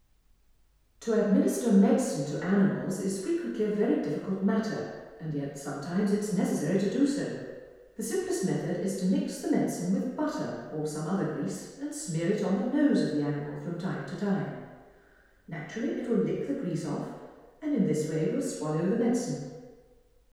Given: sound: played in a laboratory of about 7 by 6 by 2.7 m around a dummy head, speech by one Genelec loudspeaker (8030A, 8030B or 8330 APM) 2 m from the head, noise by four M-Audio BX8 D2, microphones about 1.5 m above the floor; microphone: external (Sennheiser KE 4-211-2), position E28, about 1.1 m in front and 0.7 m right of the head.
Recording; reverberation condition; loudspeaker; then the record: female speech in English; high; 60 degrees to the left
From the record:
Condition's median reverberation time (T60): about 1300 ms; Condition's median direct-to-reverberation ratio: about -4.0 dB